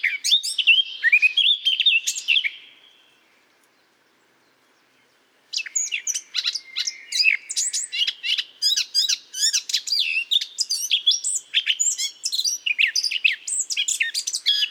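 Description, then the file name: Eurasian blackcap song, a fluty warbling burst, a silence of about three seconds, then a long run of hurried, scratchy and whistled notes. "Sylvia atricapilla"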